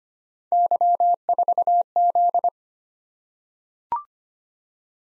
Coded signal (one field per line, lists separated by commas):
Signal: Morse code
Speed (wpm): 25 wpm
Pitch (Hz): 700 Hz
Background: none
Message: Y4Z